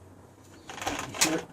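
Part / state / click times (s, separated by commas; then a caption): lithium battery pack into cordless trimmer handle / seated / 0.7 s. A lithium battery pack, already charged, is slid into the handle socket of a Black & Decker 12-inch 3-in-1 trimmer/edger and mower until it latches. A sharp click at 0.7 s is followed by further rattling and sliding noises, and the pack is confirmed locked in place.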